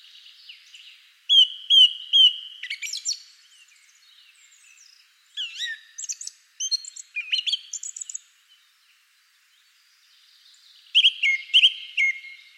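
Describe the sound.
Bird phrases of repeated clear whistled notes and varied sharp chirps, broken by pauses, with a final whistled run at the end.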